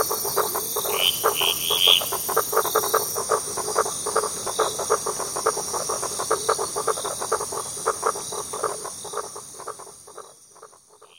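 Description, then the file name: Frogs calling in a steady run of short pulsed, echoing croaks over a hiss of waves, all fading near the end. Frog calls with echo, heard together with waves. "echoed frogs and waves"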